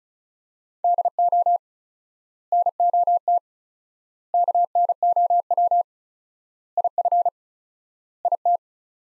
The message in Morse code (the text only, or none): DO NOT KNOW IF IT